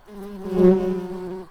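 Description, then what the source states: Tree bumblebee buzzing, a steady low hum that swells and then fades over about a second and a half. Worker bees.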